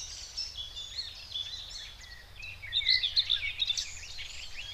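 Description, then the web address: Common whitethroat song, rapid scratchy warbling in short bursts, louder and busier in the second half, with constant low rumbling background noise. Recorded in the Spreewald. "ornithologie dorngrasmuecke 2 m 08 St We Spreewald"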